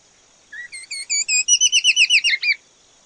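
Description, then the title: Green-backed becard giving a quick series of about a dozen short whistled notes, starting soft and growing louder, over a faint steady high hiss. Nominate subspecies Pachyramphus viridis viridis. "LuckyPassaro Completos2Sama. Green-backed Becard"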